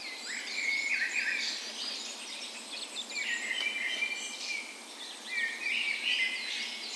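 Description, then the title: Birds singing together at dawn, a dense mix of whistled and trilled phrases overlapping continuously, with a steady faint background hiss. Spring dawn chorus on the morning of 17 May, Norway's National Day, in a park west in Bergen, Norway; Sony PCM A10 recorder with LOM micro Usi microphones as tree ears. "17th Of May Dawn Chorus"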